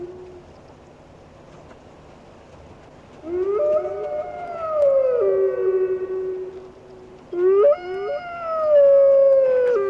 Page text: Vlk dravý (Canis lupus)